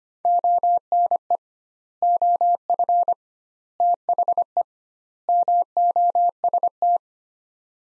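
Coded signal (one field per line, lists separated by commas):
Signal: Morse code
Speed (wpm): 25 wpm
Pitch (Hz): 700 Hz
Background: none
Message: ONE OF THE MOST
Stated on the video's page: Practice sets of four words at 25 wpm with 2x word spacing, a Farnsworth-like method applied to words.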